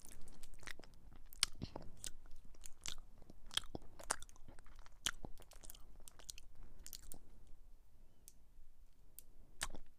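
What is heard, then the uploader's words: Crunchy chewing on chocolate lolly and sweets, with sharp bright bites and crackles every half second or so over a soft low rumble. ASMR with chocolate lolly and sweets and sprinkles.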